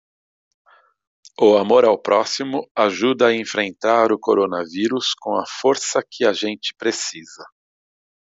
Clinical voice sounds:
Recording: spoken sentence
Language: Brazilian Portuguese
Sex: male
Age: 50 to 59 years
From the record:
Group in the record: control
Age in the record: 59 years

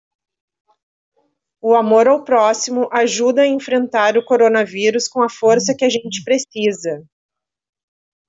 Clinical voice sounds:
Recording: spoken sentence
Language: Brazilian Portuguese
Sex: female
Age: 40 to 49 years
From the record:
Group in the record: control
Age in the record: 43 years

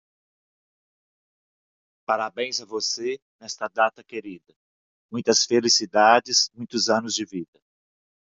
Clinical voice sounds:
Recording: short text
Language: Brazilian Portuguese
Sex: male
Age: 50 to 59 years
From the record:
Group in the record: control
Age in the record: 54 years

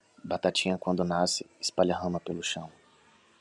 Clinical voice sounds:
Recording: short text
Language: Brazilian Portuguese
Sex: male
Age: 30 to 39 years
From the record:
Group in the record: control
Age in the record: 30 years

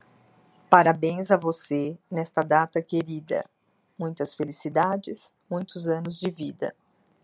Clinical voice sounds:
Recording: short text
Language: Brazilian Portuguese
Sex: female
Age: 60 to 69 years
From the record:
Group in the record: control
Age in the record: 63 years

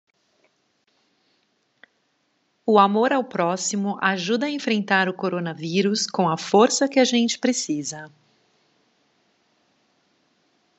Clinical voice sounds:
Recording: spoken sentence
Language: Brazilian Portuguese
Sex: female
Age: 40 to 49 years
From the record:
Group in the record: control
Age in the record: 45 years

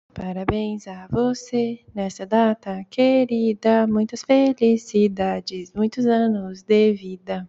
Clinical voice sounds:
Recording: short text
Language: Brazilian Portuguese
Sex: female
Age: 20 to 29 years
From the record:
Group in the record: control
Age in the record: 28 years

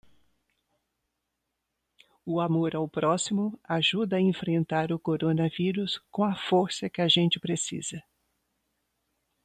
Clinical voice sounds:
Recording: spoken sentence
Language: Brazilian Portuguese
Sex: female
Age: 60 to 69 years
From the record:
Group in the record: control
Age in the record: 66 years

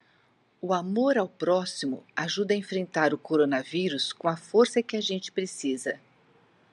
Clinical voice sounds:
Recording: spoken sentence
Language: Brazilian Portuguese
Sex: female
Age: 60 to 69 years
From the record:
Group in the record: control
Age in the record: 63 years

